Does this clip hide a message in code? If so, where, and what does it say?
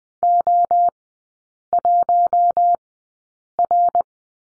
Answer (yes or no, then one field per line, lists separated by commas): yes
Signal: Morse code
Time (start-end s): 0.2-4.0 s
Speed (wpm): 20 wpm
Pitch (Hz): 700 Hz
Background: none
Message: O1R